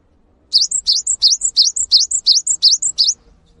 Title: GELATIK BATU GACOR WUCIT PANJANGNYA BIKIN GELATIK LAIN JADI TERPANCING UNTUK IKUT BUNYI